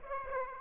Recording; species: mosquito wingbeat signal from an infrared sensor; Aedes aegypti